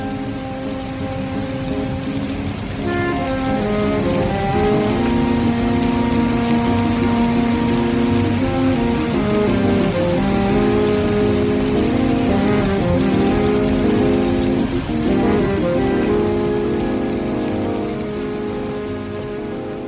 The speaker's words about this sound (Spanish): ¡Oh, lluvia! ¡Oh, generosa!